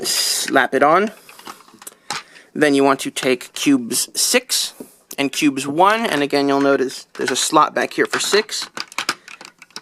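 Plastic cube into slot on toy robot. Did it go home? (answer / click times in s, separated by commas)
yes / 9.0 s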